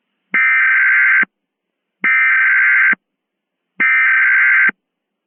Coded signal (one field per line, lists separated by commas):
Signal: Emergency Alert System (SAME) tones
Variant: header bursts